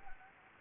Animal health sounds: mosquito wingbeat signal from an infrared sensor; Anopheles gambiae

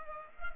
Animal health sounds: mosquito wingbeat signal from an infrared sensor; Culex pipiens

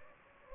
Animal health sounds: mosquito wingbeat signal from an infrared sensor; Anopheles gambiae

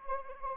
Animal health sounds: mosquito wingbeat signal from an infrared sensor; Anopheles arabiensis

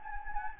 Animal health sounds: mosquito wingbeat signal from an infrared sensor; Anopheles gambiae

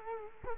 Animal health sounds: mosquito wingbeat signal from an infrared sensor; Culex quinquefasciatus

